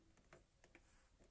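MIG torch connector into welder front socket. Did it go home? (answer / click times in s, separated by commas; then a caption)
no / none. A metal MIG torch connector is handled at the front socket of a HITBOX HBM200 MIG MMA TIG welder, being lined up, pushed in and turned to the right to lock. Short, faint ticks of metal handling are heard around 0.3, 0.6, 0.8 and 1.3 seconds. Nothing has seated or locked yet when the clip ends.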